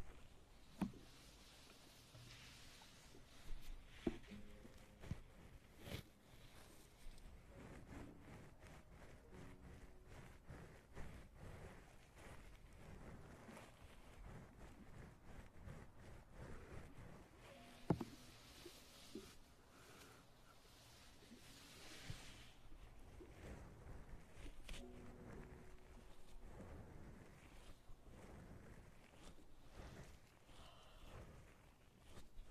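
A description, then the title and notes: Ear eating and ear massage sounds: a steady stream of soft, wet clicks and smacks, with rubbing swells that brighten into a hiss around 2 and 17–22 seconds. One sharp louder tap lands near 18 seconds. Maid Ear Eating & Ear Massage.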